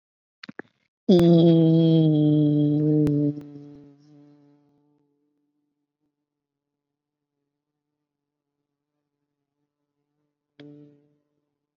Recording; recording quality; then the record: sustained vowel as in beet; excellent, no background noise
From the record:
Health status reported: COVID-19 positive, moderate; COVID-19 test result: positive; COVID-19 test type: RT-PCR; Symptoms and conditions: cough, cold, sore throat, fever, fatigue, muscle pain, another condition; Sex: female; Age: 28 years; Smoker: no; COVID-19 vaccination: both doses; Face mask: worn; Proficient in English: yes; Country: India